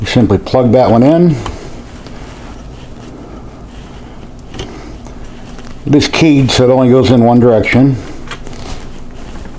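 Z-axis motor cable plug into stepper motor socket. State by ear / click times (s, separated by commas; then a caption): seated / 8.3 s. The keyed cable plug marked Z on an Ender 3 V2 3D printer is pushed into its socket on the back of the Z-axis stepper motor; being keyed, it fits in only one direction. Someone talks while faint handling noise is heard, then a short click at 8.3 s as the plug snaps in and is seated.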